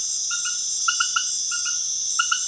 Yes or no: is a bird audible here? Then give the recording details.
no. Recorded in dense forest near Puerto Asís, Putumayo, Colombia, on 20 February 2024 at 21:00. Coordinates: 0.505, -76.324. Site G6467